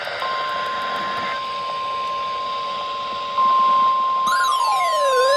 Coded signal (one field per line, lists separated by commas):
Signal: Emergency Alert System (SAME) tones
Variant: 1050 Hz attention tone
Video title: 3/12/25 - KHB38 & WXJ94 Required Weekly Tests (EAS #1210 & EAS #1211)